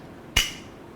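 The back-lock spine of a folding knife is pressed to unlock the blade so it can close. A single sharp, bright click sounds at 0.4 s, ringing briefly in the upper range and fading within about a fifth of a second over a quiet background. The back lock releases the blade.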